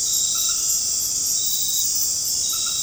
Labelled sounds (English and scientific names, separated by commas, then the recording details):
none
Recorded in dense forest near Puerto Asís, Putumayo, Colombia, on 19 March 2025 at 19:30
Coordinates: 0.500, -76.322
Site GP06